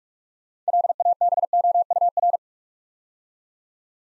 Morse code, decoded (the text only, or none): LABOUR